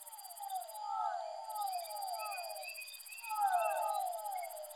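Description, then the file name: Fischer's dwarf frog calls, descending whine-like notes in overlapping runs, while a high rapid buzzing drones on with one short gap. Soundscape composition built from amphibian vocalizations. "soundscape with amphibian vocalizations of physalaemus fischeri"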